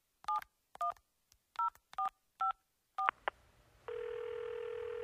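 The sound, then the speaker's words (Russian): Six short two-tone keypad beeps sound in an even rhythm as a phone number is dialed to call the fire service about a fire, followed by a couple of clicks and then a steady, unbroken line tone. “Соня была очень умной собачкой и знала, что при пожаре нужно звонить 01, поэтому сразу бросилась к телефону.”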